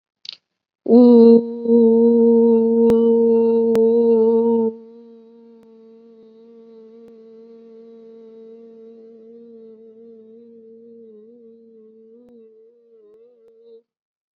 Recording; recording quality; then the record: sustained vowel as in boot; excellent, no background noise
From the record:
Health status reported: COVID-19 positive, mild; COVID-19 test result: positive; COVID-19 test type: rapid antigen test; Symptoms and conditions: cough, fever, fatigue, muscle pain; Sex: female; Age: 36 years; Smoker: no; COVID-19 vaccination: both doses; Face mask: worn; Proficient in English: yes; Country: India